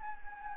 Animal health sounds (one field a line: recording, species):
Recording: mosquito wingbeat signal from an infrared sensor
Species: Anopheles gambiae